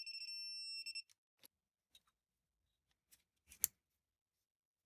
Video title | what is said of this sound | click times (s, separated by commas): 2011 Audi A5 S-line, oil pressure switches | heard a click, so it's there. | 3.6 s